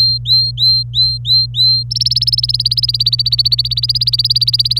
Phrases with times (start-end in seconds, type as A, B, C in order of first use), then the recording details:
0.00-1.84 A, 1.91-4.79 B. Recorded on 26 April 2018 at 10:23. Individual llb3